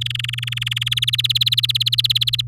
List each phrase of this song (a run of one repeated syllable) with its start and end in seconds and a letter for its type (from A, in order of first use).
0.01-0.94 A, 0.96-2.41 B